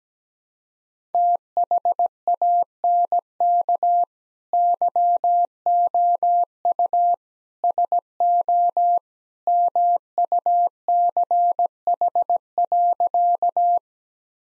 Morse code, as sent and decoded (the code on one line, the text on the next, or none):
- .... .- -. -.- / -.-- --- ..- / ... --- / -- ..- -.-. .... .-.-.-
THANK YOU SO MUCH.